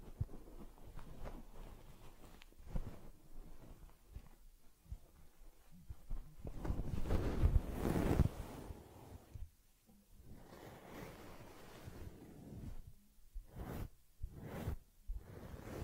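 A teddy bear being cared for with soft rubbing, brushing and swishing strokes on fur. The strokes are uneven and rustly, swelling into a longer, louder stretch of scrubbing around the middle, then easing before a few quick, sharp brush sweeps near the end.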